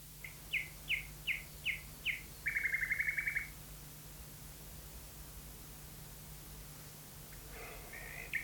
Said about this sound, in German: Wenn der süße Schall der Nachtigall auch, genau wie der Gesang der anderen Vögel heute Nachmittag, aus Lautsprechern kommt, die sie in die Bäume und Sträucher gehängt haben.